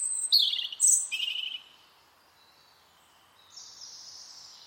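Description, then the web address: Bird twittering: quick high chirped notes at the start, a silent gap, then a soft thin high phrase. "cianscape birddata Deverinetal 2025 File origin Bird Only Er Ru Er Ru"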